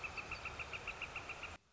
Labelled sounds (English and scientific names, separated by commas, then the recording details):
Northern Flicker (Colaptes auratus)
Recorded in Sonoma County, California